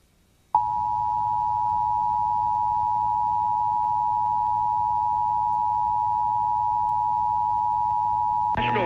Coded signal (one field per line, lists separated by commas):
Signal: Emergency Alert System (SAME) tones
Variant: 853 and 960 Hz attention tone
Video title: The Emergency Alert System: 20 Years, 20 Activations